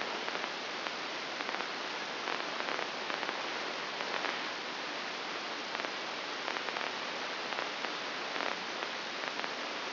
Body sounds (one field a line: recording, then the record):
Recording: brain microelectrode recording played as sound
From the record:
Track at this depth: inside the subthalamic nucleus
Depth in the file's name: 5.861 mm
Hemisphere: left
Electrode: 2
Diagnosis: Parkinson's disease